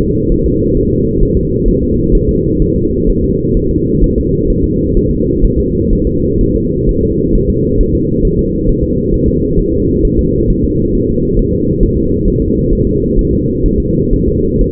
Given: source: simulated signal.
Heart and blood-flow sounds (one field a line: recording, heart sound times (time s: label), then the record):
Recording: fetal heart sounds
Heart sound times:
0.01 s: S2
0.32 s: S1
0.46 s: S2
0.77 s: S1
0.91 s: S2
1.23 s: S1
1.37 s: S2
1.69 s: S1
1.83 s: S2
2.15 s: S1
2.29 s: S2
2.62 s: S1
2.76 s: S2
3.10 s: S1
3.24 s: S2
3.57 s: S1
3.71 s: S2
4.04 s: S1
4.18 s: S2
4.50 s: S1
4.64 s: S2
4.97 s: S1
5.11 s: S2
5.45 s: S1
5.59 s: S2
5.93 s: S1
6.07 s: S2
6.41 s: S1
6.55 s: S2
6.89 s: S1
7.03 s: S2
7.35 s: S1
7.50 s: S2
7.81 s: S1
7.95 s: S2
8.25 s: S1
8.39 s: S2
8.69 s: S1
8.83 s: S2
9.14 s: S1
9.28 s: S2
9.59 s: S1
9.73 s: S2
10.05 s: S1
10.19 s: S2
10.50 s: S1
10.64 s: S2
10.95 s: S1
11.09 s: S2
11.39 s: S1
11.53 s: S2
11.83 s: S1
11.97 s: S2
12.28 s: S1
12.42 s: S2
12.73 s: S1
12.87 s: S2
13.19 s: S1
13.33 s: S2
13.66 s: S1
13.80 s: S2
14.13 s: S1
14.28 s: S2
14.61 s: S1
From the record:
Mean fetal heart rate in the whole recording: 130 bpm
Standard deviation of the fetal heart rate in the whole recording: 4 bpm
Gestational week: 38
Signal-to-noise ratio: -14.7 dB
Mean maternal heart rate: 72 bpm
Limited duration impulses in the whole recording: present